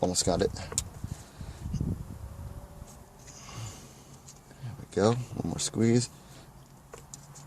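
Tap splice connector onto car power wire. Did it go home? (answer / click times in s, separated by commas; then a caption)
no / none. Someone talks while squeezing a plastic tap splice connector with pliers onto a 12 gauge wire, tapping into a hot lead in an E46 to hardwire a USB port. A couple of brief sharp sounds stand out over low background noise as the pliers press the splice. The connector is not yet crimped shut; nothing has seated or clicked yet.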